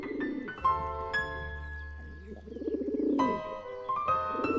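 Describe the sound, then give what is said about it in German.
Doves coo at daybreak in spring, in low, soft, throaty phrases that roll and waver, repeating several times over a steady humming backdrop of sustained tones. “Es waren die Tauben, die zu gurren begannen.”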